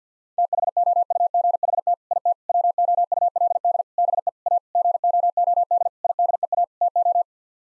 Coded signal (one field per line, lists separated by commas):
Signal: Morse code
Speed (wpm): 50 wpm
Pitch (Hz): 700 Hz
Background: none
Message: THOUGHT IT WOULD BE A GOOD IDEA TO